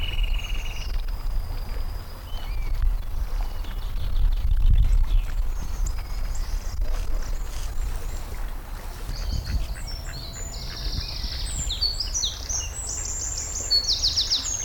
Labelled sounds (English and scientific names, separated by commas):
Eurasian Wren (Troglodytes troglodytes)